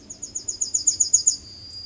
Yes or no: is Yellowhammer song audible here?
yes